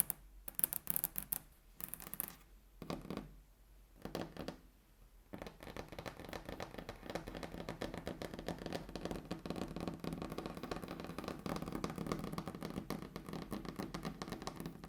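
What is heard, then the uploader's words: Table tapping starts as sparse, separate knocks and bright scrapes during the first five seconds, with short silences between them. Around five seconds it turns into a dense, fast, steady patter of taps that continues evenly to the end. ASMR Table Tapping (No Talking).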